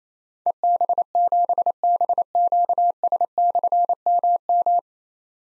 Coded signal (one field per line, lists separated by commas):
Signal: Morse code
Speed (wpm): 28 wpm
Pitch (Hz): 700 Hz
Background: none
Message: EB7BQS/MM